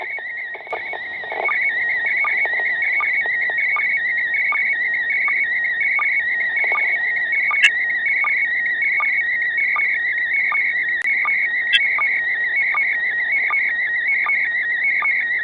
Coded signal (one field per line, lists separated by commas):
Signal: SSTV (slow-scan television)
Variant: PD 180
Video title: SSTV from the ISS on quadrifilar antenna + Baofeng UV-5R (145.8 MHz)